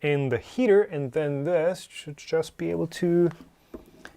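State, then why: Seated. A metal cartridge holder with a chocolate pack inside is placed into the heater of a MyCusini 2.0 Choco printer while someone talks. After the talking stops, a few faint taps are heard, and a sharp click at 4.1 s marks the holder snapping into place.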